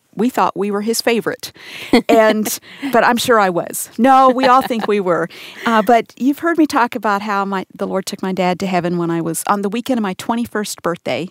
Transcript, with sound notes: “We thought we were his favorite!”... but I’m sure I was. (laughter) No, we all think we were! You’ve heard me talk about how the Lord took my dad to heaven on the weekend of my twenty-first birthday.